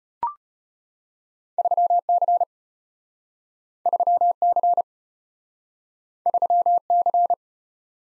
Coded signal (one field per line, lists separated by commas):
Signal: Morse code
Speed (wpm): 33 wpm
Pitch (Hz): 700 Hz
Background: none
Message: 3C 3C 3C